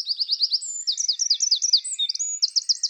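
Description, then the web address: Eurasian wren song: a fast, high, tinkling run of rapid repeated notes and trills, shifting between pitches in quick bursts with no pauses. "Troglodytes troglodytes"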